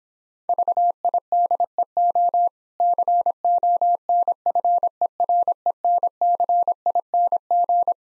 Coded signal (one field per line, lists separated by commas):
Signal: Morse code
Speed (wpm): 26 wpm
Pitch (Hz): 700 Hz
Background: none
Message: VIDEO CONFERENCING